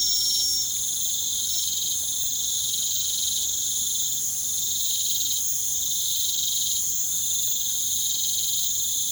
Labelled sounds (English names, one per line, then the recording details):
none
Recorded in pastures near Puerto Asís, Putumayo, Colombia, on 23 June 2025 at 19:30
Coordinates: 0.472, -76.331
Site G095